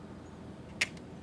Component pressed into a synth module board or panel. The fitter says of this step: that was that nice click seat